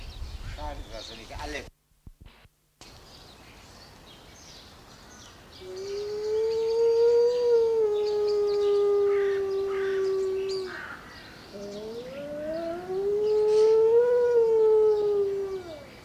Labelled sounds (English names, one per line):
Gray Wolf howling